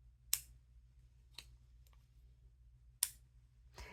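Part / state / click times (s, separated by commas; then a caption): fountain pen cap onto pen barrel / seated / 0.3 s, 3.0 s. A fountain pen's cap is pushed onto its barrel and snaps closed with a sharp, bright click at 0.3 s and again at 3.0 s, a very satisfying snap. A fainter click comes at 1.4 s, and a soft rustle at 3.8 s ends the clip over a low background hum.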